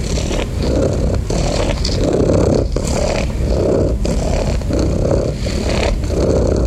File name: SOUNDS FX MASTER - The Sound of a Cat Purring